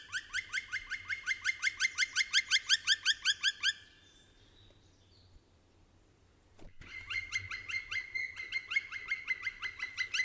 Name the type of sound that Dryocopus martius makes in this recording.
call